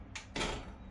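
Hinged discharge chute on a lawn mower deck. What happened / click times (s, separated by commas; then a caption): The hinged chute latched into its partly open position / 0.2 s, 0.4 s. A QwikChute hinged discharge chute on the deck of a Wright Sport X stand-on mower is lowered and then pushed slightly until it locks into its partially open position. A short, bright click sounds at 0.2 s, followed by a louder, longer clack at 0.4 s that rings briefly as it fades. The chute locks into place, partially open.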